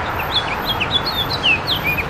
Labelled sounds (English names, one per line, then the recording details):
House Finch song
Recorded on Long Island, New York, on 9 June 2012
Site EF
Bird A